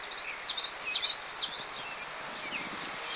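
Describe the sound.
Bird giving quick, thin high chirps, several per second in the first half and sparser later, over a steady background hiss.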